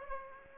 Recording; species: mosquito wingbeat signal from an infrared sensor; Aedes aegypti